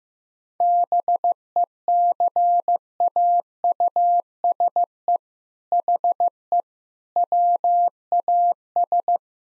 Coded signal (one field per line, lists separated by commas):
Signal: Morse code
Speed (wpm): 15 wpm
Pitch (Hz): 700 Hz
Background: none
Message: BECAUSE HE WAS